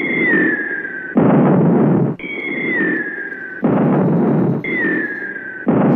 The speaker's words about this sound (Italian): Mentre puntavo, come sempre, da quassù da Marte in questi giorni il telescopio verso il globo terracqueo con palese preferenza, è ormai noto, lo sapete, per lo stivaletto italico, ho inaspettatamente percepito una serie di esplosioni.